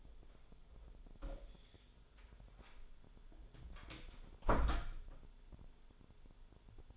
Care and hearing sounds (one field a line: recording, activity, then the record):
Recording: daily activity, microphone in the room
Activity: close door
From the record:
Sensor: 5